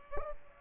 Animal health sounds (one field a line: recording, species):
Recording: mosquito wingbeat signal from an infrared sensor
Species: Culex pipiens